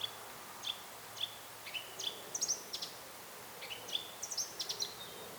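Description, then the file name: Eurasian blackcap, a series of short whistled notes and clicks repeated at irregular intervals over a hissy background. "Sylvia atricapilla"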